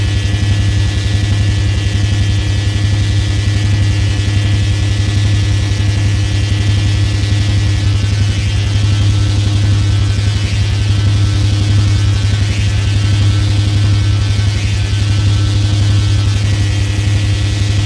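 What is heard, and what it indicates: A steady, loud low-pitched drone runs the whole 18 seconds, with faint, constant higher tones and no change in pitch or loudness. It is a simulated tinnitus sound, imitating the phantom humming or ringing heard without any outside source.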